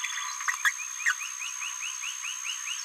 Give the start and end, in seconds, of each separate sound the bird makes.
0.64-0.72, 1.05-1.13